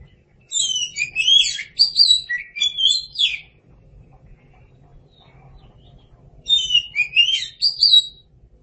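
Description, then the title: Oriental magpie-robin singing rich, varied whistled phrases mixed with harsher notes, a three-second burst, silence, then another lively burst near the end. "Suara Kicauan Burung Kacer Durasi Panjang"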